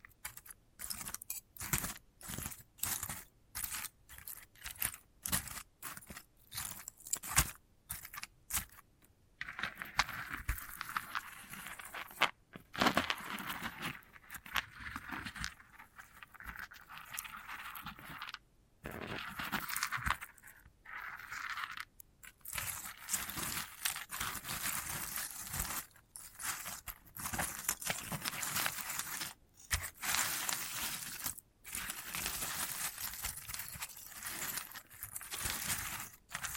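Handling of a sunflower head produces dry crackling, scratching and rustling, with bursts of crisp, bright texture broken by short silent gaps throughout. The first ten seconds are choppier with frequent brief pauses, then longer stretches of dense scraping and crinkling follow.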